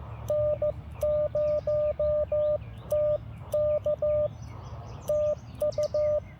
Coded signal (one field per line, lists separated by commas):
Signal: Morse code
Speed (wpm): 14 wpm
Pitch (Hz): 590 Hz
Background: none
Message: N0TK TU